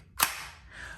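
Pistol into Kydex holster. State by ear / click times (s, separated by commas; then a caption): seated / 0.2 s. A compact Glock 43X MOS pistol is pushed into a rigid Kydex holster and snaps into its retention with a sharp click at 0.2 seconds. The click is followed by a quieter fading tail, and the gun is seated and locked in.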